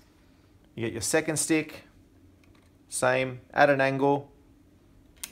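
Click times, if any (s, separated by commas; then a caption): 5.2 s. Someone talks as a second laptop-style SO-DIMM RAM stick is inserted at an angle into the memory slot of an Intel NUC Core i7 mini PC and pushed down. A sharp click at 5.2 s marks the slot's metal retention clips catching it, and the stick is seated and installed.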